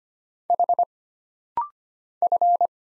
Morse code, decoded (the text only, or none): H F